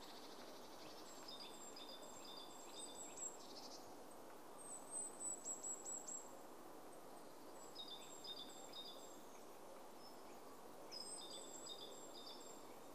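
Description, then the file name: Great tit calls: thin, high, clipped notes in short repeated groups, some paired, over a steady loud rushing background noise. "Parus major"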